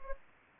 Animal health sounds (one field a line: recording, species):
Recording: mosquito wingbeat signal from an infrared sensor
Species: Anopheles gambiae